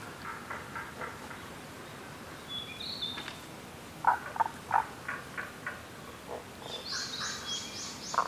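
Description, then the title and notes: Tago's brown frog giving short croaks, a tight group of three near the middle among scattered softer notes, with high whistled notes in the background. Subspecies Rana tagoi tagoi; Kasugayama primeval forest, Nara, Japan; recorded 21 May 2017. "170521Rana tagoi tagoi in Kasugayama primeval forest by ototamari"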